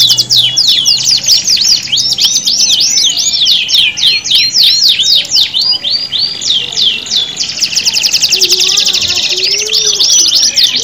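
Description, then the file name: Domestic canary song: dense, rapid trills and chattering whistles overlapping continuously at high pitch, with a faint low hum in the first seconds. Audio simulating a standard canary singing contest. "audio simulasi lomba kenari standar. omkicau"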